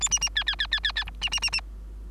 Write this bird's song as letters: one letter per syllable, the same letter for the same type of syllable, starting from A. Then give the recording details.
A B B C C C C C C D B B B B. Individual Bird3